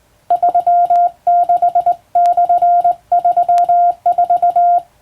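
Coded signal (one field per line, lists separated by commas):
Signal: Morse code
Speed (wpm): 20 wpm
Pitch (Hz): 700 Hz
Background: none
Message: 36/34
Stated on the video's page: Morse practice sent by hand on a telegraph key by a first-class radiotelegraph operator, using a practice book for telegram sending.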